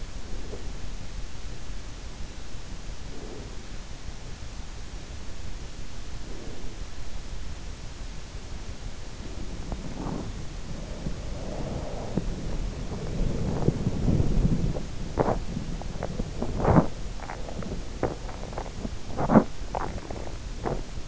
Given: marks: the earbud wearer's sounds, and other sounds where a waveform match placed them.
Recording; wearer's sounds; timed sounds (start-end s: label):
sounds in sleep by an in-ear microphone; breath, body movement
0.00-1.41 s: breath
2.91-4.01 s: breath
6.11-7.18 s: breath
9.02-21.08 s: body movement